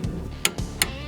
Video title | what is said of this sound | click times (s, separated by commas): Sway Bar Link replacement on Mazda 6 2007 (2002-2007), Front left | When the torque wrench clicks, it's set to 65 Nm. | 0.5 s, 0.8 s